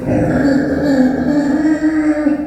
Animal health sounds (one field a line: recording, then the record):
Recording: squeal of a Yucatan mini pig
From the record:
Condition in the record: after surgery on the right vocal fold (resection and tissue-engineered implant)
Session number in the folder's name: 2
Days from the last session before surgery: 18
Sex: female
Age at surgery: 19 weeks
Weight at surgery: 25 kg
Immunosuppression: prednisolone